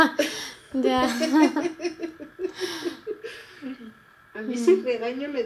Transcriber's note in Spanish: risas